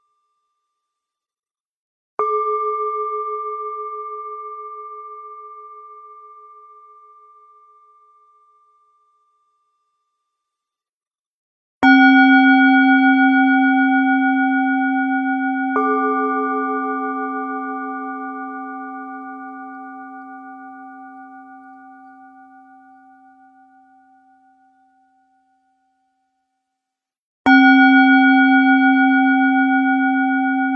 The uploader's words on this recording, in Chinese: 颂钵丨身心灵音乐。